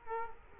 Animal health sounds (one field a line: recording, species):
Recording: mosquito wingbeat signal from an infrared sensor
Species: Culex quinquefasciatus